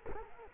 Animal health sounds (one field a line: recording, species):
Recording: mosquito wingbeat signal from an infrared sensor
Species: Culex quinquefasciatus